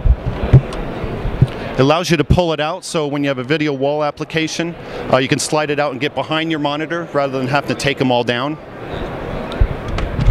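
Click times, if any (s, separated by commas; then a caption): 10.0 s. A rack-mounted video monitor on a slide-out mount is pushed back into its rack and latches in place, locking so it won't move. Someone talks over a steady background hum, and then a short click at 10.0 s marks the monitor locking in.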